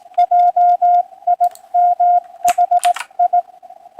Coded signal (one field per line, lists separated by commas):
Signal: Morse code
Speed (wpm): 21 wpm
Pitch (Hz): 710 Hz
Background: radio noise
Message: JIMHI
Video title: March 23 2025 Sunday AM POTA Hunt